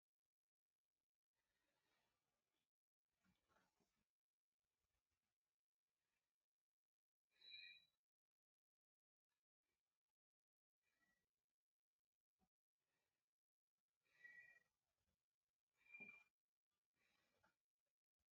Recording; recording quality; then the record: shallow breathing; moderate, slight background noise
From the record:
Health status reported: exposed to COVID-19, no respiratory illness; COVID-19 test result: negative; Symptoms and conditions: fatigue, muscle pain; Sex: female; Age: 29 years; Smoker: not ticked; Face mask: not worn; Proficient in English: yes